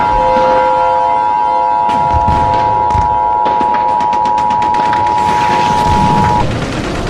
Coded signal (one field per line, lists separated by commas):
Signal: Emergency Alert System (SAME) tones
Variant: 853 and 960 Hz attention tone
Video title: Pearl Harbor: An EAS Scenario (INTERNATIONAL PREMIERE)